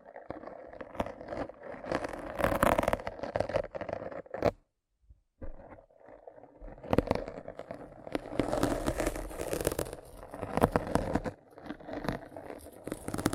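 Rough brain cleaning and picking: dense, continuous scraping and crackling with wet, gritty textures and frequent sharp clicks. The sound runs thick through the first four seconds, drops to near silence around 4.5–5.5 seconds, then resumes with busy, uneven picking and scraping to the end.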